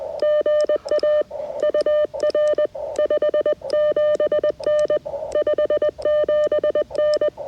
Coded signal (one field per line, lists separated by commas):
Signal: Morse code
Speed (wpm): 20 wpm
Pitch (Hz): 590 Hz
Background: none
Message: GA UR 57N 57N